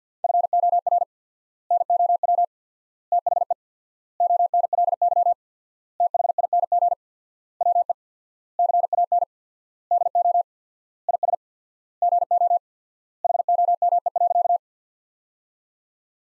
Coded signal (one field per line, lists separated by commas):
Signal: Morse code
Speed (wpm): 50 wpm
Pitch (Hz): 700 Hz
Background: none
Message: FOR NOW THE ONLY THING WE CAN DO IS GO HOME.